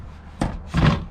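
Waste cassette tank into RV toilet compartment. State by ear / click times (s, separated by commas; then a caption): not seated / none. A removable plastic waste cassette tank for an RV toilet is handled as it is rolled back into its compartment, to be pushed past a detent so it locks into place. A short sharp knock sounds at about 0.4 s, followed by a louder, longer rumbling scrape from about 0.75 to 1.0 s. Nothing has seated or clicked yet; the tank is not yet locked home.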